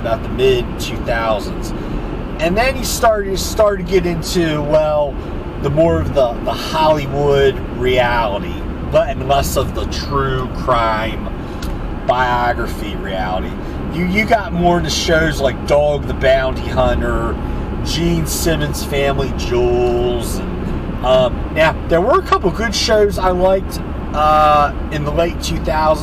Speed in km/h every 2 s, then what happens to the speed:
93, 92, 90, 87, 87, 84, 84, 84, 85, 87, 89, 87, 84.
0-10 slows to 84. 10-20 steady at about 84.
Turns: none.